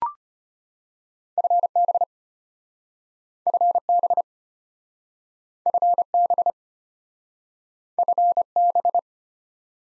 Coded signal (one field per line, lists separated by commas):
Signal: Morse code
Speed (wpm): 33 wpm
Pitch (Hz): 700 Hz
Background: none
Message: FB FB FB FB